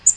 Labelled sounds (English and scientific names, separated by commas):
Black-throated Green Warbler (Setophaga virens) flight call